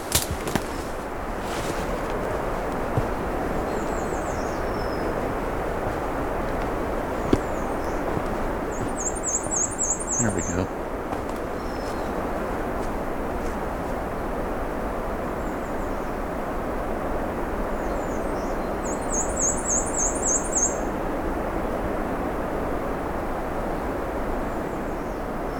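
Birdsong along a road near park land, set against a steady low roar like passing traffic or a plane that fills the whole clip. High, thin song phrases of quick repeated notes come at about 9 and 20 seconds, with brief scattered chirps between.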